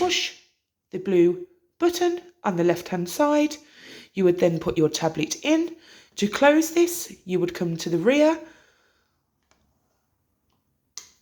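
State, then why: Seated. Someone talks about pushing a blue button on the left-hand side of a dishwasher door's detergent tablet compartment. Then, at 11.0 s, the plastic dispenser lid is pressed at the rear and gently clicks shut, seating closed.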